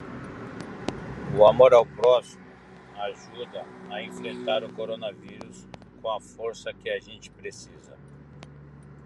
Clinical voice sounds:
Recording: spoken sentence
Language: Brazilian Portuguese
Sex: male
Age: 50 to 59 years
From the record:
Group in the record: control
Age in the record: 53 years

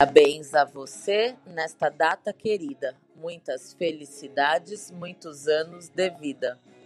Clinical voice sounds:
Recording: short text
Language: Brazilian Portuguese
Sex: female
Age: 30 to 39 years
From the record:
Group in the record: control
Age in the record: 38 years

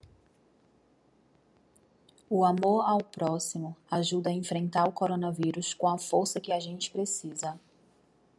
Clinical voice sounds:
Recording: spoken sentence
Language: Brazilian Portuguese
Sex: female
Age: 30 to 39 years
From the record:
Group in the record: control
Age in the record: 33 years

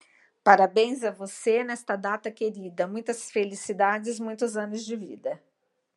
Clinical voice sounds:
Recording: short text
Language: Brazilian Portuguese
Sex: female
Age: 50 to 59 years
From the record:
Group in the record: control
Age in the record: 55 years

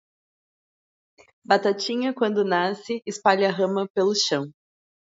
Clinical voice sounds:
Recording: short text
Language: Brazilian Portuguese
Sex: female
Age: 30 to 39 years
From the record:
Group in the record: control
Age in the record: 33 years

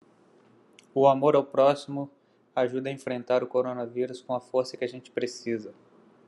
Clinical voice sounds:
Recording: spoken sentence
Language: Brazilian Portuguese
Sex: male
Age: 30 to 39 years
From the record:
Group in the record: control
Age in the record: 38 years

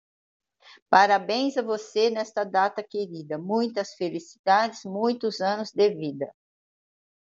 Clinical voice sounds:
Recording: short text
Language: Brazilian Portuguese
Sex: female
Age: 50 to 59 years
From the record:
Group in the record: control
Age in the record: 58 years

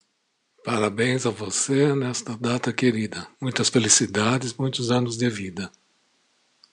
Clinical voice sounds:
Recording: short text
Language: Brazilian Portuguese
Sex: male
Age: 60 to 69 years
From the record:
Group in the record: control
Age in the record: 62 years

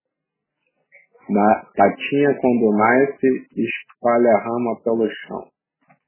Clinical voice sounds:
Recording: short text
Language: Brazilian Portuguese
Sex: male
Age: 30 to 39 years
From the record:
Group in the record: control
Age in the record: 35 years

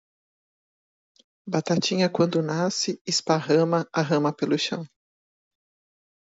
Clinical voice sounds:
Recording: short text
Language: Brazilian Portuguese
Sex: female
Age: 50 to 59 years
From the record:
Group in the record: control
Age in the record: 52 years

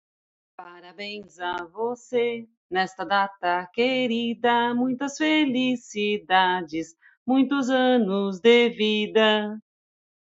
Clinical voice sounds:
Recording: short text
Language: Brazilian Portuguese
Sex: female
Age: 40 to 49 years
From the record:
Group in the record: control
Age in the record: 48 years

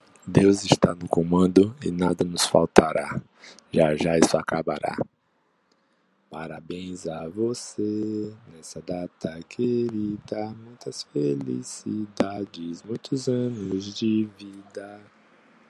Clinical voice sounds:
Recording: short text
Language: Brazilian Portuguese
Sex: male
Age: 30 to 39 years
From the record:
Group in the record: control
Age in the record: 39 years

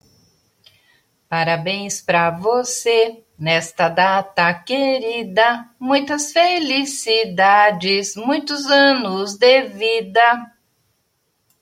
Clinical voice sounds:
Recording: short text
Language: Brazilian Portuguese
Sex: female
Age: 50 to 59 years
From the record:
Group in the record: control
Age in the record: 59 years

